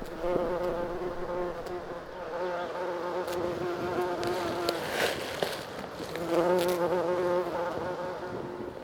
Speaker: Miltä kimalainen näyttää? Miltä se kuulostaa?